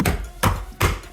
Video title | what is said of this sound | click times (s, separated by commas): MB Secondary Battery Malfunction - Mercedes Benz E350 w212 - DIY Replace | you'll hear nice clicks all done | 0.0 s, 0.1 s, 0.8 s